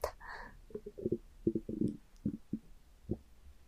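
Irregular low gurgling bursts after a soft breath: an empty adult stomach rumbling from hunger in time with the breathing, a normal bowel sound, with no food eaten since lunch around 1 pm the previous day.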